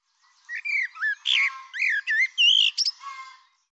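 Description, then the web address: Bird song: one continuous three-second phrase of loud, varied notes, sliding whistles, quick chirps and a high ringing tone near the end. "Deverinetal Bird Tu Me Tu Me"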